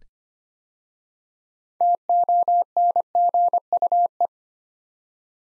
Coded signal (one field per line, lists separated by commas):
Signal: Morse code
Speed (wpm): 25 wpm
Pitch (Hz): 700 Hz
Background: none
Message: TONGUE